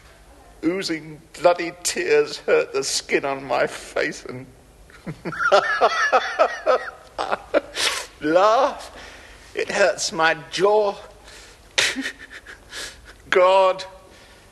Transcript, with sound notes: oozing bloody tears hurt the skin on my face and...
(Laughing) Laugh, it hurts my jaw.
God.